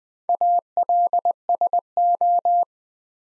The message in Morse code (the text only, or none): ALSO